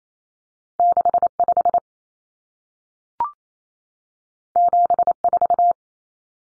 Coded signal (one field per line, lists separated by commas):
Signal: Morse code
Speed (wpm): 28 wpm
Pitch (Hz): 700 Hz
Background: none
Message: 65 74